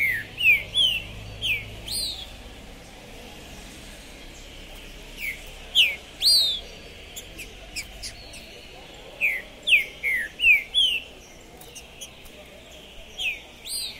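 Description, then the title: Green-winged saltator: quick series of falling whistled notes at the start, midway and near the end, separated by quieter gaps, with faint clicks and steady hiss. Captive contest bird calling, singing and displaying aggressively (macheando) while warming up for a singing tournament, at the tournament entrance; 2021. "ESQUENTAR Seu TRINCA Piando, Cantando E Macheando Na DISPUTA. Esse TRINCA FERRO ficou POSSUÍDO na PORTA do TORNEIO! Trinca Ferro Pistoleiro 2021"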